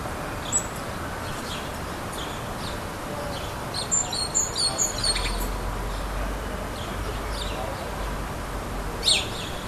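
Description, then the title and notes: Great tit song, a short burst of a few high, paired notes, with faint scattered chirps before and after. Great tit's spring call. "Hummel Und Kohlmeise. Audioaufnahme einer Hummel +dem "Frühlingsruf der Kohlmeise""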